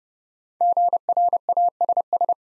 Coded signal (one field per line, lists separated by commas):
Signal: Morse code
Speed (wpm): 30 wpm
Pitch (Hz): 700 Hz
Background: none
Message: GRASS